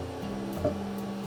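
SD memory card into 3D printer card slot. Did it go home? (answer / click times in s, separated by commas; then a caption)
yes / 0.6 s. A removable SD memory card is pushed into the card slot of a 3D printer until it latches. A short click is heard at 0.6 s over a steady low hum, and the card is seated.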